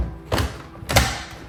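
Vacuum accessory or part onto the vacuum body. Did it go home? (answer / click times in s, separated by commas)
yes / 0.9 s, 1.0 s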